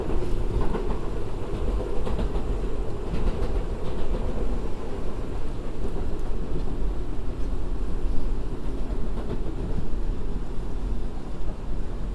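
A binaural recording made riding the MTA subway, with a steady, heavy low rumble of the train car running throughout. Faint clicks and rattles come through irregularly, and a brief metallic squeal rises around six seconds, with no voices standing out.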